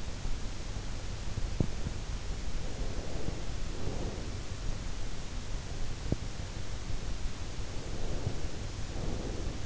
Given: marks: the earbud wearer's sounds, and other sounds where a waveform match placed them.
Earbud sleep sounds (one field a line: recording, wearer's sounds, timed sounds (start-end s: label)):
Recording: sounds in sleep by an in-ear microphone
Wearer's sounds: breath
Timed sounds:
2.68-4.57 s: breath
7.74-9.66 s: breath